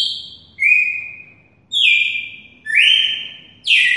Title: Canto Galo Campina Fêmea. Galo de campina MOSSORÓ